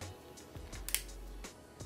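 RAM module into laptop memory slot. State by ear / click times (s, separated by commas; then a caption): seated / 0.9 s. A second RAM module is inserted and pressed down into a laptop memory slot, and two sharp clicks at 0.9 s and 0.9 s mark the side clips latching. The module is seated. Someone talks before and after.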